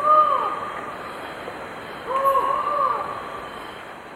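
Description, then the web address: Collared forest-falcon giving a single hollow, arched call note, a pause, then two similar notes in quick succession. Recorded in Ecuador. "Birds of Ecuador. Collared Forest Falcon"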